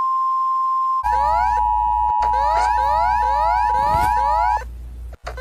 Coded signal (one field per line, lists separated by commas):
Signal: Emergency Alert System (SAME) tones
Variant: 853 and 960 Hz attention tone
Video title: Foxy Rates EAS Alarms Part 6! (this took an eternity to make)